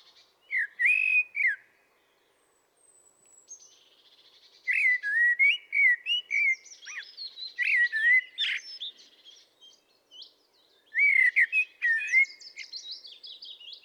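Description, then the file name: Common blackbird delivering flowing, melodious warbled phrases with downslurred whistles, interspersed with high, thin twittering notes, then a pause and a further fluty phrase. "Turdus merula"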